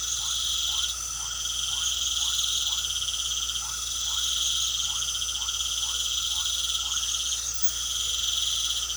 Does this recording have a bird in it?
no